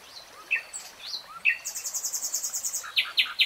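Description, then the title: Nightingale song: scattered whistled and slurred notes, then a fast high run of repeated notes, ending with loud, sharp repeated chips. Singing in real time. "[Tiếng chim hót] 3 Hours REALTIME Nightingale Singing"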